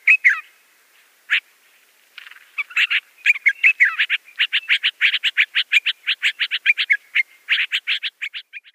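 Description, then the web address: Yellow-vented bulbul song: bubbly, rapid chattering notes delivered in a dense run after a few scattered opening phrases. "Schulze Peter Yellow-vented Bulbul song"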